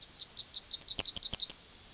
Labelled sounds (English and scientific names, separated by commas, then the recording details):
Yellowhammer (Emberiza citrinella) song
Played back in forest
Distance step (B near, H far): B
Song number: 004